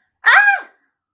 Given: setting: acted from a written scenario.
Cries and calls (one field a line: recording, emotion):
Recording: vocal sound without words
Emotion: fear